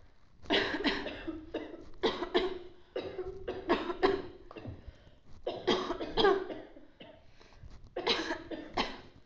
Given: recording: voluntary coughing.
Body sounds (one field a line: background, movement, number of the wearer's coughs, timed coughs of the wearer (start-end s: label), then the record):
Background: a bystander coughing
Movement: sitting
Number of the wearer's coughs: 10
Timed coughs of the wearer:
0.37-0.80 s: cough
0.80-1.05 s: cough
1.98-2.35 s: cough
2.29-2.54 s: cough
3.56-3.95 s: cough
3.95-4.25 s: cough
5.58-5.97 s: cough
6.05-6.45 s: cough
8.04-8.35 s: cough
8.67-9.05 s: cough
From the record:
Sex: female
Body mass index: 18.3 kg/m2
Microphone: on the chest, facing outward